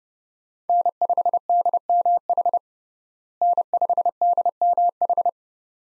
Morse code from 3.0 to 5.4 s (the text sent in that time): N5DMH